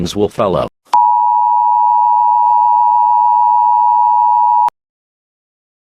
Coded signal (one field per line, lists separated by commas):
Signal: Emergency Alert System (SAME) tones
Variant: 853 and 960 Hz attention tone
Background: speech